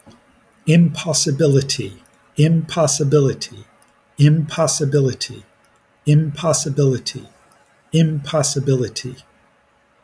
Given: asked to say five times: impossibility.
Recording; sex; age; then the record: repeated word; male; 60 to 69 years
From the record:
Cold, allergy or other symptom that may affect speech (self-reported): no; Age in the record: 60 years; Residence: Virginia, United States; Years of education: 12